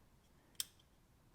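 A plastic secondary locking clip, turned vertical, is pushed carefully into a door wiring harness connector. It snaps home with one sharp, bright click at 0.6 s, seating the lock in place against a quiet background. No one talks.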